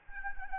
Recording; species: mosquito wingbeat signal from an infrared sensor; Anopheles arabiensis